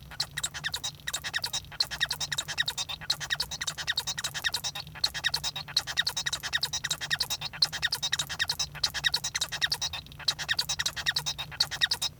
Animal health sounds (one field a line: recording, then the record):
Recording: song of a male Bengalese finch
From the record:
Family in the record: son of father 1